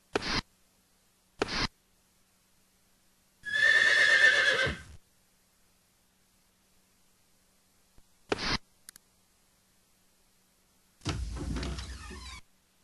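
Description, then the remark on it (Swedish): A horse standing on the veranda of an old house lets out one long, loud whinny, with a few sharp hoof knocks before and after it and a rough snorting breath at the end; no one speaks. “Det står en häst på verandan till det gamla huset.”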